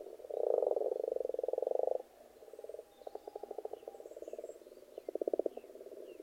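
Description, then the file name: Frogs croaking in rapid pulsed trills, a loud early burst then quieter overlapping rattles. Frogs in a pond. "benboncan frogs-in-a-pond"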